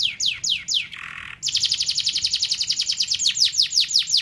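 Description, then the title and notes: Canary song of falling swept notes, a short buzzy rasp, then a rapid even trill of repeated downward notes. Canary master (masteran) song, described as solid (mantap). "Suara Burung Kenari Masteran. master suara burung kenari mantap"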